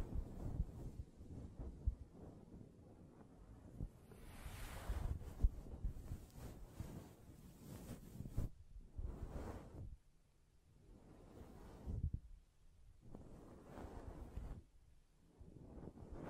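Hands brush, rub and tap across a microphone in uneven bursts, dense rustling from four to eight seconds, then shorter sweeps between quiet gaps.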